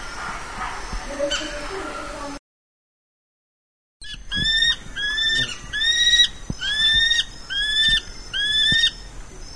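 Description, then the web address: Aplomado falcon giving a steady series of harsh repeated calls, after a brief noisy opening and a short silence. "cantos halconplomizo"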